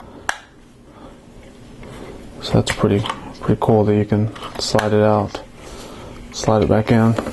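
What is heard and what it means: A Lego section is pulled back out of its click detent on a rail on Lego plates, releasing with a sharp plastic click at 0.3 s. Someone then talks.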